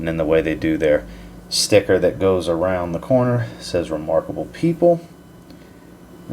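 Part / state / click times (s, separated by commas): perfume cap onto bottle neck / seated / 5.5 s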